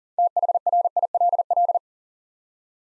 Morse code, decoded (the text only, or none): THRILL